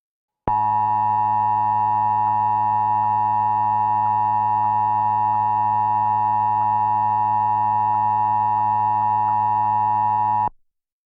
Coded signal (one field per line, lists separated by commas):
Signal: Emergency Alert System (SAME) tones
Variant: 853 and 960 Hz attention tone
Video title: National Emergency Alert System Test (November 9th, 2019) during a Talking Tom Friends Scenario vid